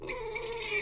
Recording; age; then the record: pig call; weaner (32 to 43 days)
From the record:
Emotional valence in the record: negative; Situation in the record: long isolation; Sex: female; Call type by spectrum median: high-frequency call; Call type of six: high-frequency stable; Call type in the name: high-frequency stable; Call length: 0.81 s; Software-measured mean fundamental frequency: 453 Hz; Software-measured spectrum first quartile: 1306 Hz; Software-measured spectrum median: 2977 Hz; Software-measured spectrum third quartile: 5497 Hz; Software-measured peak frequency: 444 Hz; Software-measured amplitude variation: 136 dB a second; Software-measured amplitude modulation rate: 24.5 a second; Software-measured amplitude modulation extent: 5.6 dB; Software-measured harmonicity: 5.1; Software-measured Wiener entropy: -2.15